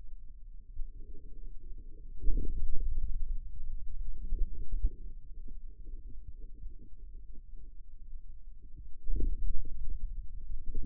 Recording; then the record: forearm muscle sounds (acoustic myography)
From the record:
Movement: inward rotation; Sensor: system 2, bracelet of six BSWA MPA416 microphones around the upper forearm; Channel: 6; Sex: male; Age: 22 years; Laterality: right